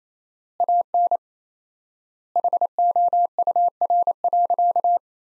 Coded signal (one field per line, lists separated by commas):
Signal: Morse code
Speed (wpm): 27 wpm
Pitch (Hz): 700 Hz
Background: none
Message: AN HOUR.